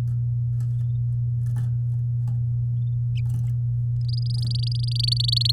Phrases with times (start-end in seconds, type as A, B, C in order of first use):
4.08-5.51 A